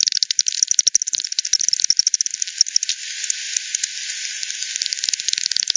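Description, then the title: Rapid clicking bat calls, loud irregular pulses in the first half, then sparser ticks over hiss toward the end. "WW bat 20201007 T 18 : 10 Z-Hogsmill-Lane-Hogsmill-River-multiple-bats"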